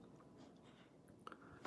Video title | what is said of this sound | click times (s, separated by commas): Slow & Steady Workstation PC Build | that side clicked in i couldn't see yeah | 1.3 s